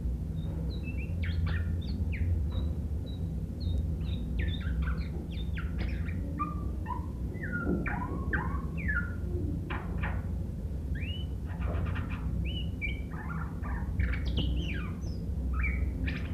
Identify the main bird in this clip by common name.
White-rumped Shama